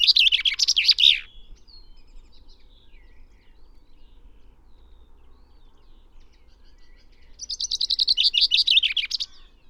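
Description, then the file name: Common chaffinch song, two bright descending rattling phrases ending in a flourish, one at the start and another near the end, with quiet between. "Fringilla coelebs"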